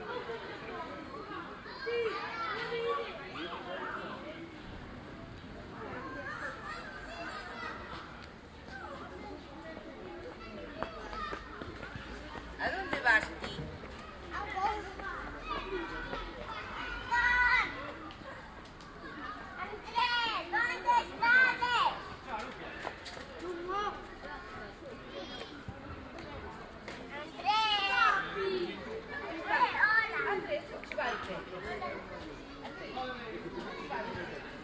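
Children play in an outdoor park, their voices overlapping in a steady stream of chatter, calls and bright shouts. Louder yells and squeals spike around the middle and near the end, over a constant low murmur of the surrounding space.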